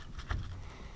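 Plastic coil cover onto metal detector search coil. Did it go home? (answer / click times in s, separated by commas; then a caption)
no / none. A new plastic coil cover is being handled and worked around a metal detector search coil. A short knock is heard at 0.3 s and a faint tap near the end over low rumble. Nothing has seated or snapped on yet.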